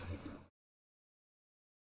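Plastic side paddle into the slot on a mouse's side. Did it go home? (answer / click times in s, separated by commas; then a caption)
no / none. A plastic side paddle is lined up with the side slot of a Razer Basilisk Ultimate HyperSpeed wireless gaming mouse after the plastic slot cover has been removed. About half a second of soft, low handling noise is heard, then silence until the end. Nothing has seated or clicked yet; the paddle has not been pushed in.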